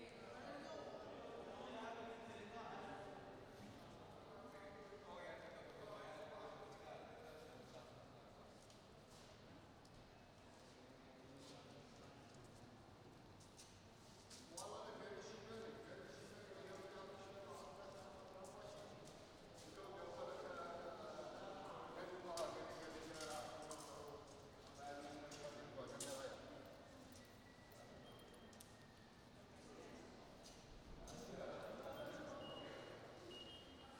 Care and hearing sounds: everyday scene through a hearing-aid microphone; reverberant space; background noise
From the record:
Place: railway station hall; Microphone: in the ear canal, right

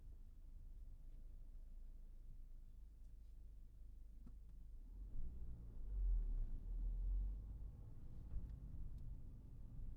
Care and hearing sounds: everyday scene through a hearing-aid microphone; in a vehicle; driving off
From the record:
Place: Berlingo II, diesel engine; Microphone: behind the ear, right, front

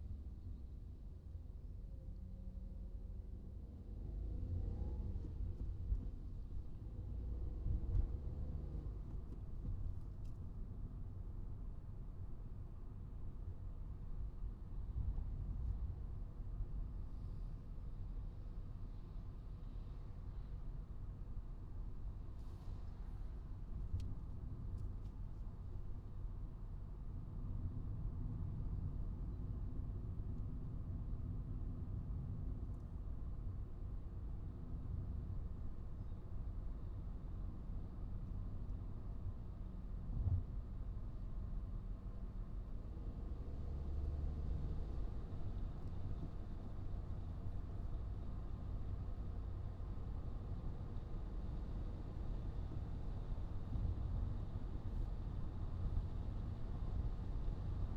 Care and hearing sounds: everyday scene through a hearing-aid microphone; in a vehicle; engine, traffic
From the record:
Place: Skoda Fabia, gasoline engine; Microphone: in the ear canal, right

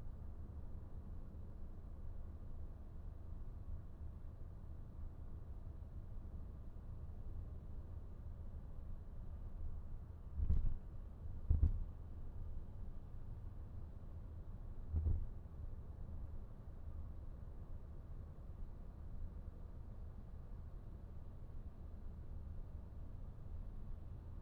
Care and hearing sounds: everyday scene through a hearing-aid microphone; in a vehicle; engine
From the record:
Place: VW T5 Caravelle, diesel engine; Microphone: behind the ear, right, front

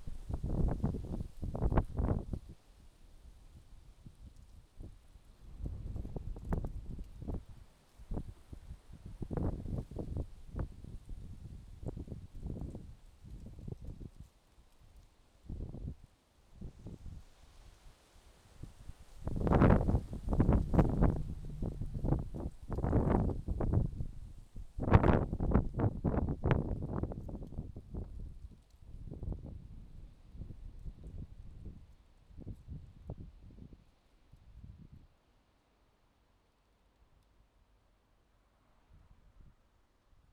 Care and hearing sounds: everyday scene through a hearing-aid microphone; wind on the microphone; wind, traffic, birds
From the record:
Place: suburban garden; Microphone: in the ear canal, left

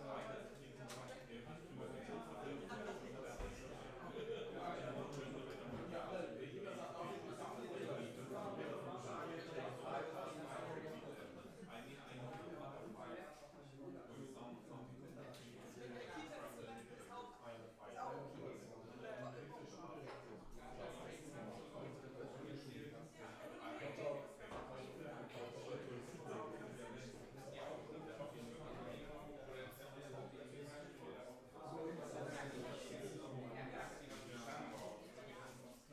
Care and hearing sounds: everyday scene through a hearing-aid microphone; many people talking; many voices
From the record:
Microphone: behind the ear, left, front

